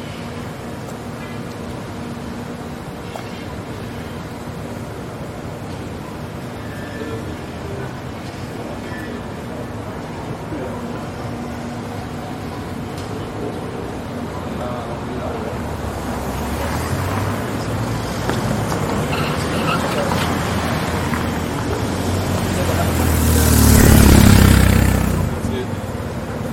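A tram passes along a busy city street, with pedestrians' voices and a steady low rumble of traffic throughout. The noise builds after about fifteen seconds, swelling to a loud, bright rushing peak around twenty-four seconds as the tram goes by, then eases.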